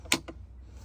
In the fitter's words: snaps into place. And then that basically goes down like that.